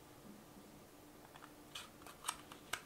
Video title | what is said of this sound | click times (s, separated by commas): Building The ULTIMATE Gaming PC! | and we'll click into place and then we'll | 2.7 s